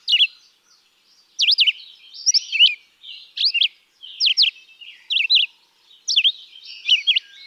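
Red-eyed vireo song: short, slurred whistled phrases, some rising and some falling, separated by brief pauses, each phrase a little different from the last.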